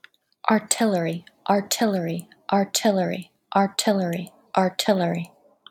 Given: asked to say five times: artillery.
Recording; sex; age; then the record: repeated word; female; 30 to 39 years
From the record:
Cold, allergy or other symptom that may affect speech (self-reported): no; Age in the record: 30 years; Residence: Illinois, United States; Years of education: 18